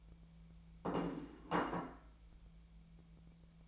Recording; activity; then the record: daily activity, microphone in the room; place plate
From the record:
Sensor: 1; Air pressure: 1000.3 hPa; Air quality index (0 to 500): 146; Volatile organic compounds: 3 ppm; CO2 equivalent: 1370 ppm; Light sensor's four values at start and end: 29/73/31/37 and 30/74/31/37